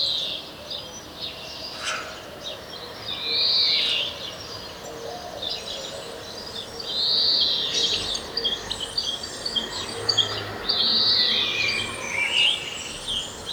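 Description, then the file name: European greenfinch repeating a harsh, nasal wheeze roughly every three to four seconds, amid a background of mixed birdsong and short sharp chirps. "Chloris chloris"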